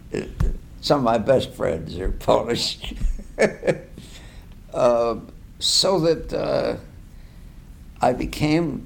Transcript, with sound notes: It, some of my best friends are Polish. [laughs] So that I became